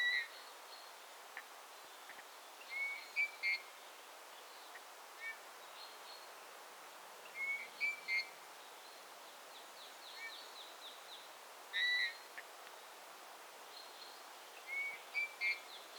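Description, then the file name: Eurasian bullfinch uttering short, plaintive whistles, often paired or tripled, recurring every few seconds against quiet hiss with faint twittering of other birds. "Pyrrhula pyrrhula"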